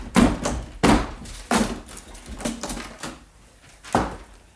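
Heavy blows strike a door again and again as it is broken down, about six loud booming thuds at a steady, forceful pace, each with a splintering crack of wood. No one speaks.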